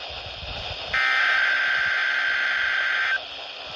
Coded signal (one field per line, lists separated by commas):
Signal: Emergency Alert System (SAME) tones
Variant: header bursts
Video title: 7/26/23 - KHB38 & WXJ94 Required Weekly Tests (EAS #829 & EAS #830)